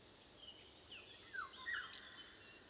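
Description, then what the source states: Golden oriole song: a brief mellow whistled phrase of falling then wavering notes, with a thin higher chirp and soft hiss throughout. With wind.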